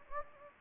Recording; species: mosquito wingbeat signal from an infrared sensor; Anopheles gambiae